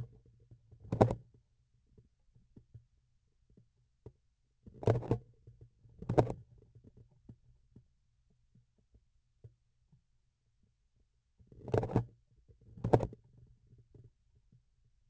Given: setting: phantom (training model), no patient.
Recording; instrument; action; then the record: laparoscopic instrument, vibration sensor on the handle end; grasping forceps; opening and closing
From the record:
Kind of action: tool actuation without material contact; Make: other than Olympus